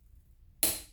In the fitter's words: rotates before it ever clicks and then of course I don't go any further than that